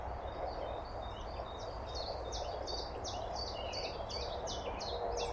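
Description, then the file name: Eurasian blackcap giving a faint, even run of short high notes against a continuous low background hum. "Sylvia atricapilla"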